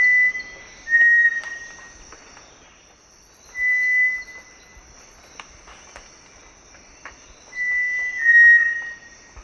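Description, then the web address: Cinereous tinamou whistles: level, pure notes given singly or in quick pairs, with steady high-pitched insect buzzing and faint clicks behind. Recorded in Ecuador. "S America Birds of Ecuador. Cinereous Tinamou"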